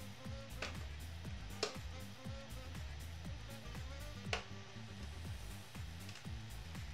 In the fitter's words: okay it clicked